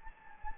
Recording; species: mosquito wingbeat signal from an infrared sensor; Anopheles gambiae